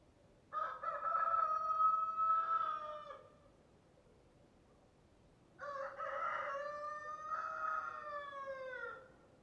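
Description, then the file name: Chicken: rooster giving two full crows a couple of seconds apart. Each is a loud, buzzy cock-a-doodle-doo with a long sustained ending; the second slides down at its close. "Rooster Crowing Sound"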